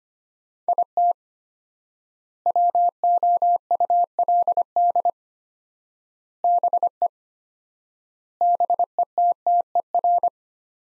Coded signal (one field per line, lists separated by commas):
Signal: Morse code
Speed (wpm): 25 wpm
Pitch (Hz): 700 Hz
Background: none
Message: IT WOULD BE BETTER